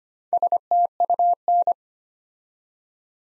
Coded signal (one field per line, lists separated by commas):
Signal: Morse code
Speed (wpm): 25 wpm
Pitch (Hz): 700 Hz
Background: none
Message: STUN